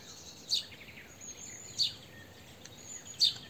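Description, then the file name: House sparrow: three clear chirps spaced more than a second apart, over a steady high background hiss. "Passer domesticus"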